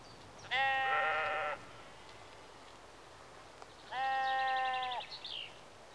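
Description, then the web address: Sheep giving two loud harmonic bleats a few seconds apart. Sheep in a rural exterior atmosphere, early evening, recorded mid close. "BBC Sound Effects Library BBC 52-Exterior Atmospheres-Rural Backg 10 Sheep Early Evening-Mid Close"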